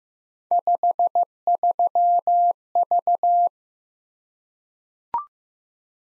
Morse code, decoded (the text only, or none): 53V